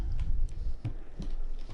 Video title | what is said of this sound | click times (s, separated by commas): Bodyguardz PRTX Shatterproof Synthetic Glass Screen Protector For Galaxy Note9 Review | tray should line up click into place you can see right there how it actually clicks right into place | 0.9 s